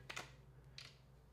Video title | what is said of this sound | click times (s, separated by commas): THEY FIXED IT!! - Benks Montage Armor Pro for iPhone 15 Pro Max | pretty decent click onto there and checking out on those Corners those should have a little bit of a better click | 0.1 s, 0.8 s